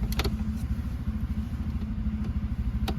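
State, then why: Released. A thin tool is slipped in from the side under a plastic blank switch cover in the center console panel of a Hyundai Accent Admire, and the cover unclips from its two side tabs. Sharp plastic clicks at 0.1, 0.2 and 0.3 s mark the release over a steady low hum, with another click near 2.9 s. No one talks during the clip.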